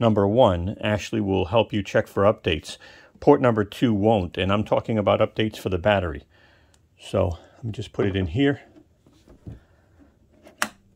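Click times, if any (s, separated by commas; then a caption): 10.6 s. A man talks for most of the clip as a thick extra-battery cable plug is pushed into port one, the expansion port on the power station. After a quiet pause, one sharp click at 10.6 s marks the plug seating in the port.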